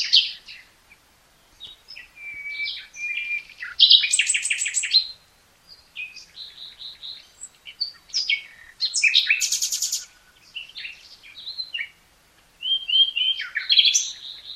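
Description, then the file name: Common nightingale pouring out phrase after phrase of chirps, rattles and fluty whistles, including loud high trills, with only brief breaks. "Luscinia megarhynchos"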